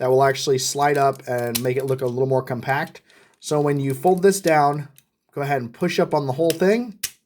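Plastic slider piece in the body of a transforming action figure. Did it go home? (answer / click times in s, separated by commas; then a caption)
no / none. Someone talks while handling a small plastic slider piece in the body of a 2004 Transformers Energon Deluxe class Optimus Prime transforming action figure, folding a section down before pushing up on the whole thing to make the body more compact. Only speech with brief pauses is heard, and the slider has not clicked or seated into place yet.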